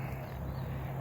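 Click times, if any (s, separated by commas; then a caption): none. A compact Taurus G3c pistol is pushed into a holster built for a smaller gun, against a steady low hum with no sharp sounds. Nothing has seated or clicked yet, because the pistol is too big for the holster.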